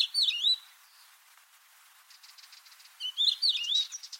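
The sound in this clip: Bird singing two wavering, swooping whistled phrases with sharp high chips, separated by a soft series of faint rapid notes.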